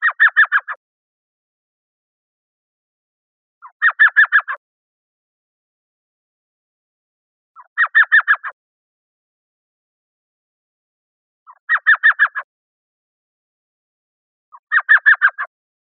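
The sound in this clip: Elf owl calling with rapid chattered bursts of four or five yelping notes, five bursts spaced about every four seconds against a silent background.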